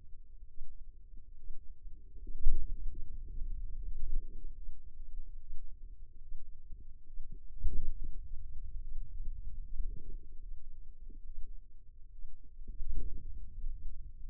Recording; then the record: forearm muscle sounds (acoustic myography)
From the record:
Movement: finger pinch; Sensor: system 2, bracelet of six BSWA MPA416 microphones around the upper forearm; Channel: 2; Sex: female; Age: 25 years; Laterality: right